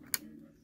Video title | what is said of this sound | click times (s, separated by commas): How To Replace 2015-2020 Acura TLX Digitizer/ Touchscreen. How To Disassemble 2016 TLX Radio. | sort of locks into place so | 0.1 s